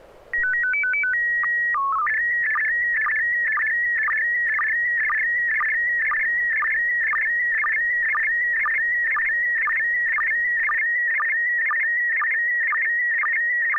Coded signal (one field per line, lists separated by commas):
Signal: SSTV (slow-scan television)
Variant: PD 120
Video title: N6NA SSTV Net - 12/29/2021